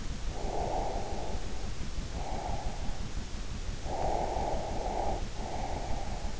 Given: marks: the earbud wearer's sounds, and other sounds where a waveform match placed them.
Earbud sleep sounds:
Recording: sounds in sleep by an in-ear microphone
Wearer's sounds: breath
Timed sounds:
0.24-2.95 s: breath
3.67-6.40 s: breath

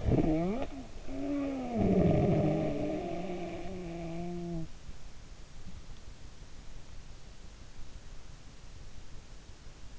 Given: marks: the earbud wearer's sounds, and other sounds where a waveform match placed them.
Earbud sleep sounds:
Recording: sounds in sleep by an in-ear microphone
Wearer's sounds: snoring breath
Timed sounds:
0.00-4.77 s: snoring breath

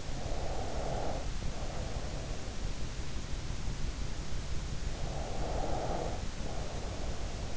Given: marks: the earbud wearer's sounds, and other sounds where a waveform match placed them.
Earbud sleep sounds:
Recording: sounds in sleep by an in-ear microphone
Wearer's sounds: breath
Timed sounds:
0.22-2.63 s: breath
5.18-7.57 s: breath

